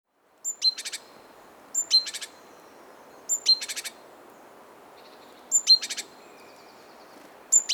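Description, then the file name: Great tit calling: each phrase a sharp high note followed by a rapid buzzy churring series, repeated several times over soft background noise. "Parus major"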